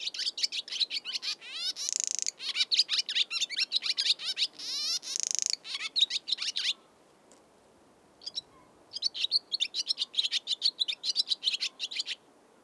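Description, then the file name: Barn swallow song: fast, chattering twitters broken by buzzy, grating rattles, a short pause, then the rapid twittering resumes. "Barn Swallow - Hirundo rustica"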